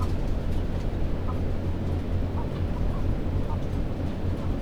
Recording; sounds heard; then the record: poultry house recording; healthy chickens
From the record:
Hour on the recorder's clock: 21